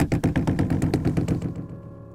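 A neighbor knocks on a door in a rapid series of about a dozen knocks, hard and evenly spaced, with a dull low thud to each, then the pounding stops and fades out.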